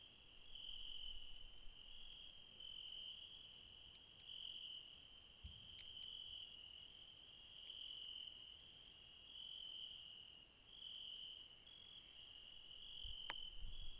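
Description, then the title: Insects in a high-pitched chorus, one ringing band pulsing in repeated bursts over a steady drone, with a few faint clicks and low thumps. Mountain insects calling late at night near Refuge Krevatia, Barbala, Dion, Greece. "Refuge Krevatia, Μπαρμπαλά, Dion 601 00, Greece - Late night mountain insects"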